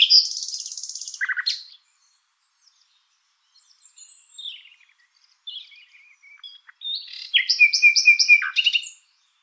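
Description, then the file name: Common nightingale song: a dense buzzy rattle, a long quiet gap with faint high notes, then a loud run of rapid repeated chirps. "Luscinia megarhynchos"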